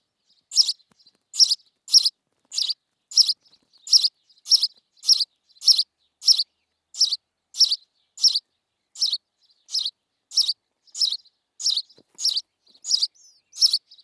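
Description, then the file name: House sparrow chirping steadily, about twenty sharp bright chirps spaced roughly every two thirds of a second, with soft short notes tucked between them. "Passer domesticus"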